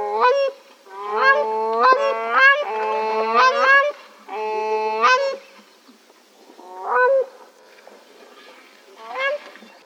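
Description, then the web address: Bird calls: a run of loud, nasal, goose-like honks, some drawn out and some clipped, in uneven bursts with short pauses between. "az brid sounds"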